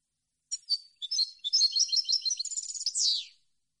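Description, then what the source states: European goldfinch song: a few separate chirps build into a fast, tinkling, jumbled twitter ending in a buzzy downward flourish, with no background noise. Clean goldfinch song on CD, for birds to copy as song training.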